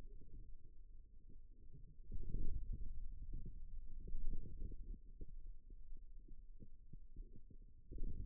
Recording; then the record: forearm muscle sounds (acoustic myography)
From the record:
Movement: wrist flexion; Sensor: system 2, bracelet of six BSWA MPA416 microphones around the upper forearm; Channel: 1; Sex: male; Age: 22 years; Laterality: right